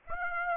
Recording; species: mosquito wingbeat signal from an infrared sensor; Aedes aegypti